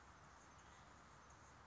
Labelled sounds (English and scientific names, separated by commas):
Anna's Hummingbird (Calypte anna)